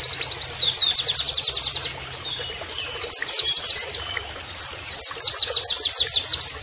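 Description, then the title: White-eye producing three rapid runs of high, sharply descending notes, separated by short quiet gaps. Training (masteran) recording of a persistently singing (gacor) white-eye, with canary-like phrases (nembak kenarian). "Pleci Gacor. MASTERAN PLECI NEMBAK KENARIAN"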